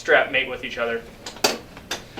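Someone talks as the crisscross patient chest straps on a Stryker evacuation stair chair are mated, green strap to green strap and black strap to black strap. The chest strap buckle clicks together sharply at 1.5 s, followed by fainter handling ticks, and the buckle is seated.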